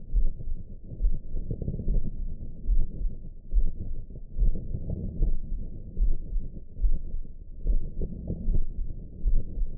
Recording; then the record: heart sounds by optical stethoscope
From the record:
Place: tricuspid valve (TV)